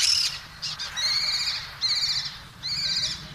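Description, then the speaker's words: Lesser Kestrel giving high, rasping chattering calls in five short bursts, with a faint low background noise. A very small bird of prey, protected in France. "Você está ouvindo? Esse é o canto do falcão peneireiro das torres."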